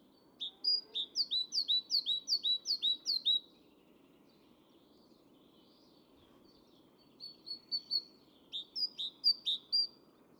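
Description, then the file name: Great tit song: a bright two-note see-saw phrase repeated about six times quickly, a pause, then a second run, over a steady low background hum. "Parus major"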